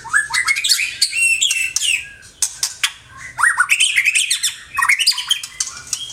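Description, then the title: Oriental magpie-robin song, a rapid varied stream of whistles, trills and harsh chattering notes, broken by a short pause midway. "Kicau Kacer"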